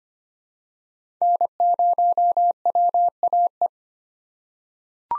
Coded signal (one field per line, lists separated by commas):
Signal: Morse code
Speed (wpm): 25 wpm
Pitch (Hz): 700 Hz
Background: none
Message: N0WAE